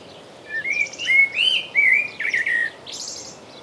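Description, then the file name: Common blackbird with fluty, warbling phrases rising and falling, ending in a thin, high squeaky twitter; light background hiss. "Turdus merula"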